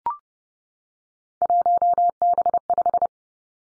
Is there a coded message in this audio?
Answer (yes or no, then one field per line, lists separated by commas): yes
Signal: Morse code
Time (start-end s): 1.4-3.1 s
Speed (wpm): 30 wpm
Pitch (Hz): 700 Hz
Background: none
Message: 1B5